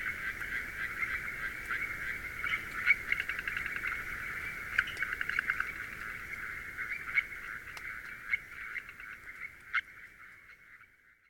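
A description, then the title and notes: Frogs call in a dense, continuous chorus, a bright buzzing trill that holds steady for most of the recording and thins out toward the end. Sharper individual clicks and chirps pop out every second or so, with a quiet low rumble underneath. Garo Hills Frogs, Himalayas - If We Vanish. The Garo Hills are the youngest part of the Himalayas.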